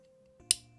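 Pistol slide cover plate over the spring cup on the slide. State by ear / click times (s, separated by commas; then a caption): seated / 0.5 s. The slide cover plate of a Glock 43X pistol is slid over the spring-loaded plastic cup on the slide, which is pressed down, until the cup sits in the groove cut in the back plate. After a quiet low hum and a faint scrape near 0.4 s, a sharp, bright click sounds at 0.5 s and quickly fades. The plate is seated in place.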